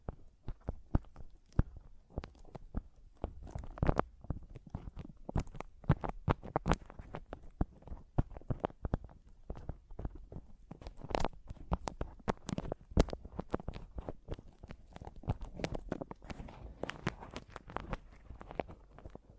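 Mic tapping and scratching: a busy stream of sharp taps and scrapes, irregular but nearly constant across the whole clip. The hits come several per second, some with a soft thud underneath, and a few louder knocks stand out around the middle.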